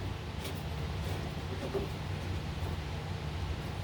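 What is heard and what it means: The fuel filter cap on a 2017–2024 GMC/Chevy 3.0L Duramax diesel is threaded into the filter housing by hand to avoid cross-threading, before it is tightened with a ratchet to 25 Nm. Only quiet handling is heard over a steady low-frequency rumble. Nothing has seated or clicked yet.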